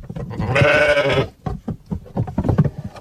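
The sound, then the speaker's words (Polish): A sheep lets out one loud, wavering bleat lasting about a second, followed by a string of shorter, softer bleats and bursts from other animals in a grazing flock of black and white sheep. “Jak się pasie ta czarna owca, to ta biała będzie chciała lygać, a jak się pasie ta biała, to te czarne wszystkie będą za złone odpocywać.”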